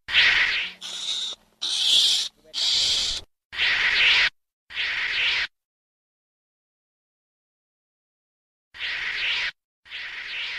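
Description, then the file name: Ferret-badger giving harsh, hissing screeches in short bursts about a second long, a run of six, then a pause before two more. "Tieng chon bac ma keu"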